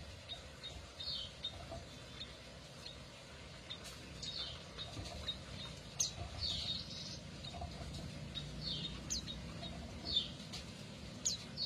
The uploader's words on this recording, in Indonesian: TERAPI KENARI MACET. Kenari F1 Ys.